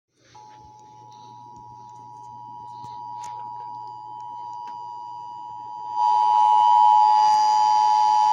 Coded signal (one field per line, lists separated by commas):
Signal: Emergency Alert System (SAME) tones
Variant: 853 and 960 Hz attention tone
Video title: (EAS) Emergency Alert System- Amber Alert/Child Abduction Emergency May 20, 2019